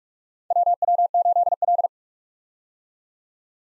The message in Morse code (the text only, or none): WW8L